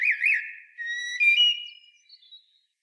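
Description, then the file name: Common blackbird giving a single short whistled phrase, a warbling fluty start followed by a sustained, slightly rising note that fades away. "Turdus merula"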